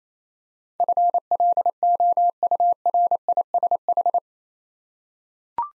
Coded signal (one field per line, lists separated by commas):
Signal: Morse code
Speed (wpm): 29 wpm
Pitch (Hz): 700 Hz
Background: none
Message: FLOURISH